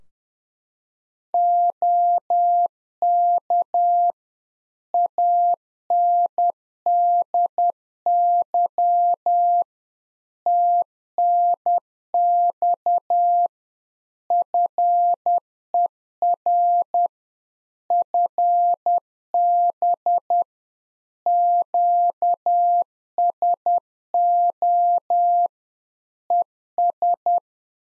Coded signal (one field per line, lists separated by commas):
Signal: Morse code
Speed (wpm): 10 wpm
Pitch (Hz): 700 Hz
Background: none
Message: OK ANDY TNX FER FB QSO ES